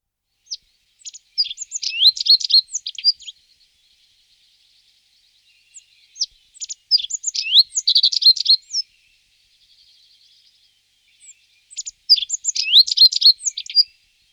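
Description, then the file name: Common reed bunting song: three short phrases of sharp high chirps, each about two seconds long, repeated roughly every five seconds with quiet gaps between them. "potrzos"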